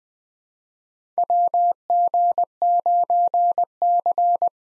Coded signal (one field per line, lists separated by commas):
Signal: Morse code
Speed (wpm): 20 wpm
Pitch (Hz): 700 Hz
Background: none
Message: WG9C